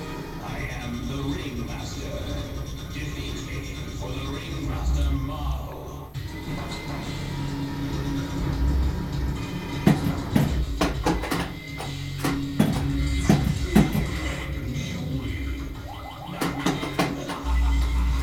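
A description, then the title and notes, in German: Pinball emulator play with a steady low hum and murmuring sound running throughout. After about ten seconds, sharp clacking hits start, arriving in quick irregular clusters through to the end, with brief ringing tones now and then. Virtual Pinball - Visual Pinball mit den Schützen als weiteres Force Feedback. Acht Stück 24 Volt Elektronik Schütze von Siemens sorgen für das nötige "Geklacker" beim Flippern mit dem Pinball Emulator.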